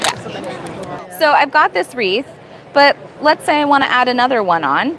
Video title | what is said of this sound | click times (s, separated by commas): Creativation 2024 - Sizzix NEW Stamp & Spin Demo | yeah it clicks in you can feel it you can kind of hear it go | 0.1 s